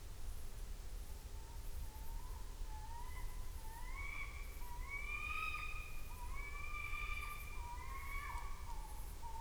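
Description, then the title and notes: Tawny owl giving a string of wavering, slurred whistled calls that rise and fall, over several seconds against a quiet night background. Female calling at night on the banks of the Rhône, Surjoux-Lhopital, France, following a falling tree and seeming to respond to it; recorded with Lom Usi Pro microphones and a Zoom F8. "Surjoux-Lhopital, France. cris de héron et de chouette hulotte femelle"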